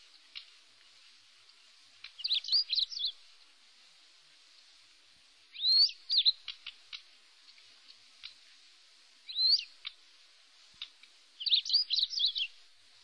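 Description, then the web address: Long-tailed rosefinch singing short, high twittering phrases of quick rising and falling notes, repeated every few seconds, over a steady high hiss. Sakhalin and Kuril Islands. "priroda sakhalina i kuril. Uragus sibiricus"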